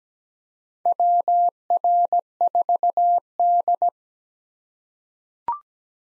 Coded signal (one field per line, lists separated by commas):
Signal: Morse code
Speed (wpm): 17 wpm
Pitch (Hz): 700 Hz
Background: none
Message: WR4D